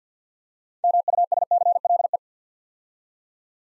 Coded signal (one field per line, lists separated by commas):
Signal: Morse code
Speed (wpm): 54 wpm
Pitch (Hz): 700 Hz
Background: none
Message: MUSCLE